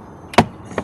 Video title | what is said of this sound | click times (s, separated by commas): 2012 KIA Sorento Center Console Removal | you'll kind of hear it clicking there as those clips come loose there you go | 0.3 s, 0.4 s, 0.8 s